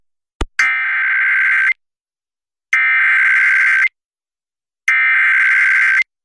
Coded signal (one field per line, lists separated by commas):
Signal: Emergency Alert System (SAME) tones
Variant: header bursts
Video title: Another Visit to the Deep South | EAS Alerts from March 26th, 2023 (EAS #2296-2312)